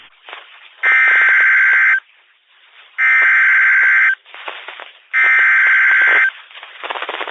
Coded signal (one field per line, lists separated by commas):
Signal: Emergency Alert System (SAME) tones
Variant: header bursts